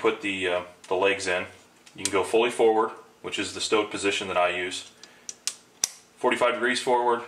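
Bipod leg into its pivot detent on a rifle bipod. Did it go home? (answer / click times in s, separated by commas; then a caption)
yes / 5.8 s. Someone talks while the leg of an Atlas rifle bipod is swung out of its fully forward stowed position, with a few faint ticks just after 5.0 s. At 5.8 s the leg locks into its pivot detent at the 45-degree forward position with a sharp metallic click, and the talking continues afterward.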